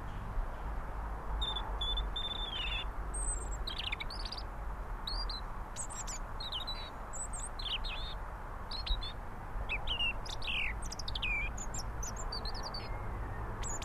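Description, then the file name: European robin song, a run of high thin whistles and trills rising and falling in pitch, with steady low background rumble. "Erithacus rubecula"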